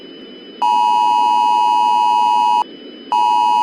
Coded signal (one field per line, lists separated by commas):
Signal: Emergency Alert System (SAME) tones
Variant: 853 and 960 Hz attention tone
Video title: EAS Scenario | Oceania has fallen (1984)